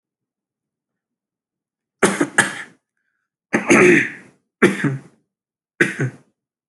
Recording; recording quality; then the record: shallow voluntary cough; excellent, no background noise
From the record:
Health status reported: healthy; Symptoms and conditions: none ticked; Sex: male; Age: 25 years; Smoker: not ticked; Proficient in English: yes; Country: India